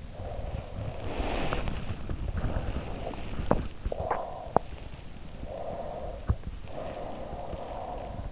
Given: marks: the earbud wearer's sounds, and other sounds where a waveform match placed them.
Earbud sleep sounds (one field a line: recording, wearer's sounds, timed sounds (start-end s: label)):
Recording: sounds in sleep by an in-ear microphone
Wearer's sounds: body movement, swallowing, breath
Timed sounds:
0.00-3.35 s: body movement
3.36-4.74 s: swallowing
5.36-8.28 s: breath